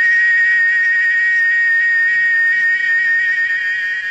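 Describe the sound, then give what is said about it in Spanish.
A cicada sings loudly in one continuous, high-pitched buzzing drone that holds steady for about four seconds, with no voices. “Se llama La Chicharra porque, si sabrán, es un bichito que canta muy fuerte y siempre se hace escuchar.”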